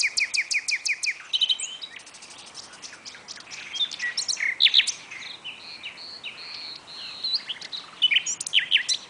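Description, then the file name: Common nightingale song: quick repeated notes in a burst at the start, followed by varied whistles, slurs and trills. "Luscinia megarhynchos"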